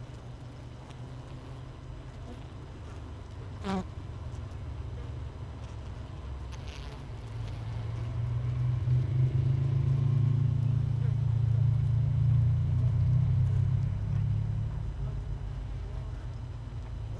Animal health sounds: honeybee colony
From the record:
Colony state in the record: missing queen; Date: 31 May 2018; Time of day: 5:40

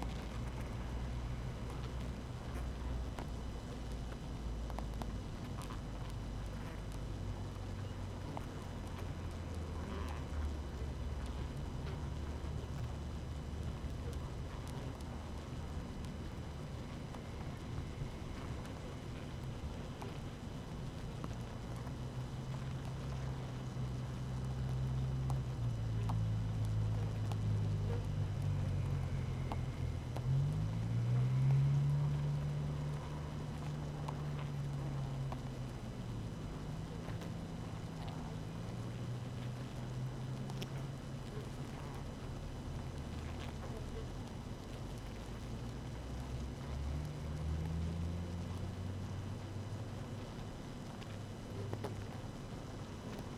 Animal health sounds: honeybee colony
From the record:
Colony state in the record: active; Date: 12 June 2018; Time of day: 6:39

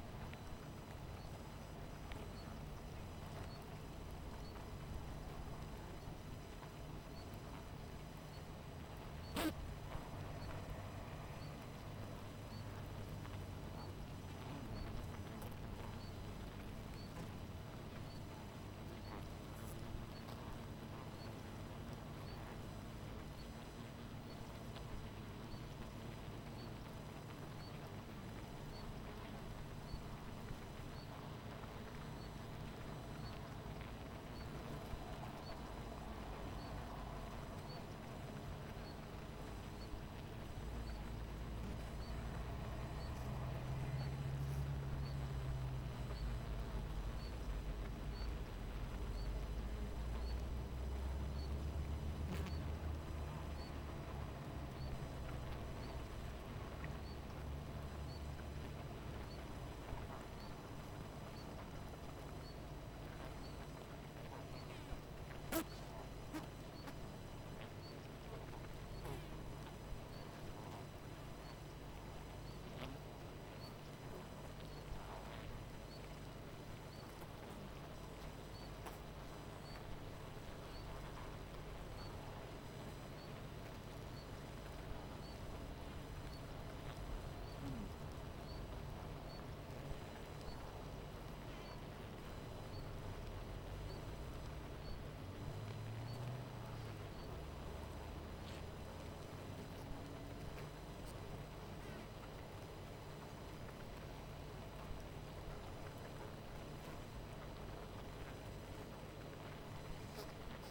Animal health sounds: honeybee colony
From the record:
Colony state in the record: missing queen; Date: 14 July 2017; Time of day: 18:47

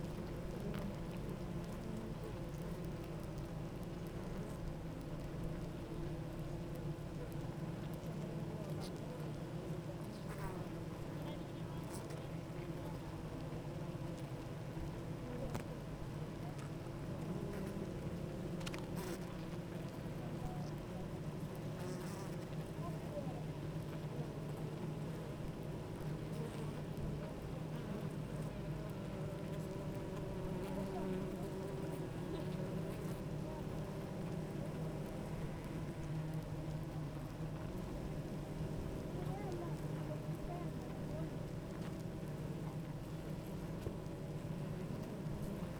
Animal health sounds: honeybee colony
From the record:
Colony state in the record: active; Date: 28 July 2017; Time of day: 9:09

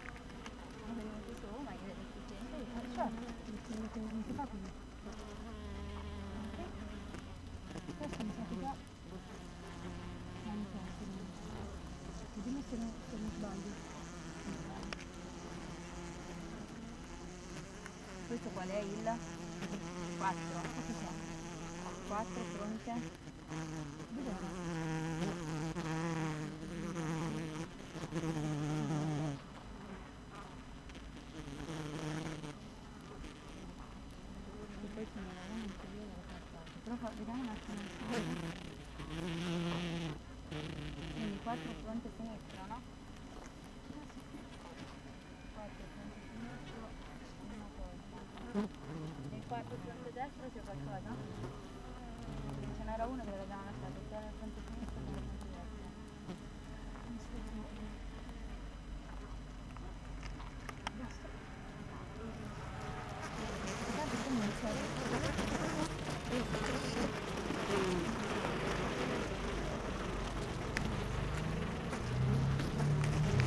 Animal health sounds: honeybee colony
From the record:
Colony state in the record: active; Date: 12 June 2018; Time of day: 7:54

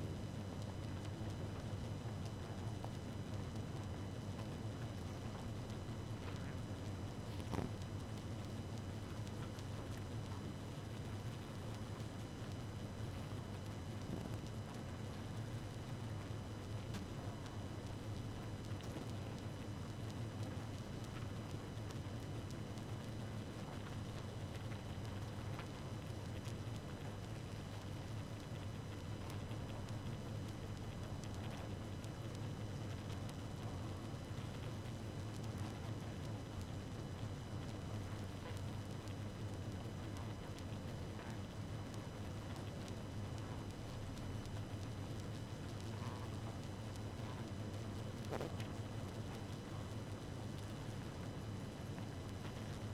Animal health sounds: honeybee colony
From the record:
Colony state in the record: active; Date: 12 June 2018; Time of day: 0:51

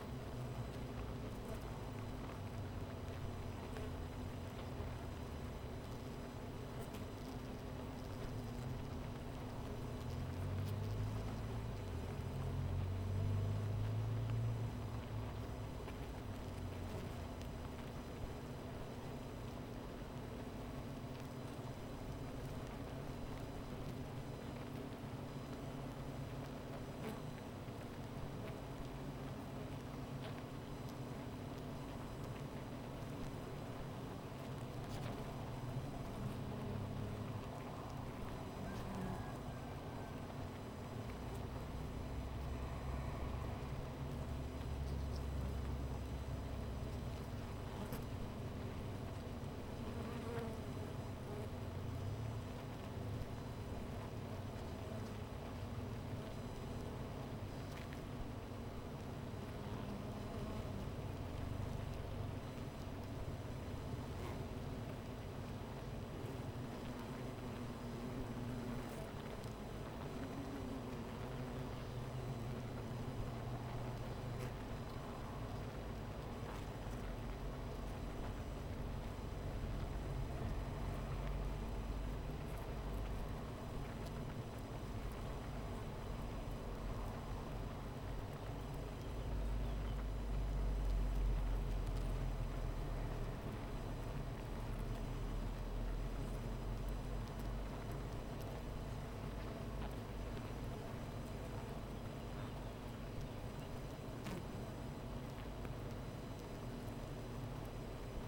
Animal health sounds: honeybee colony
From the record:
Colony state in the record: missing queen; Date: 14 July 2017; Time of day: 13:37

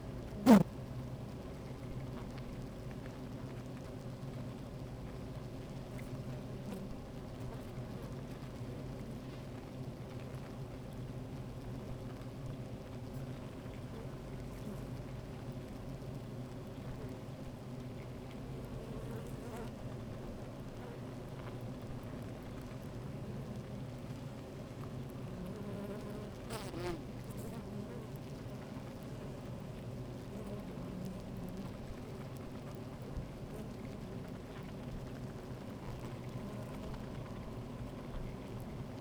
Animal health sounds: honeybee colony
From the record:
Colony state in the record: active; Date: 28 July 2017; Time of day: 13:39

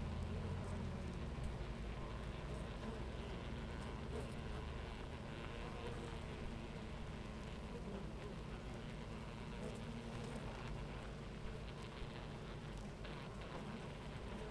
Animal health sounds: honeybee colony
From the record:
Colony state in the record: active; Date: 28 July 2017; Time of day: 10:27

